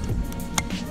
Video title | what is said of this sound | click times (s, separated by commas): 2005 Silverado 1500 Light Switch Replacement | And then you just slide it in until it clicks. | 0.6 s